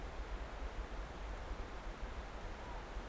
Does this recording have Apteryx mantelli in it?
no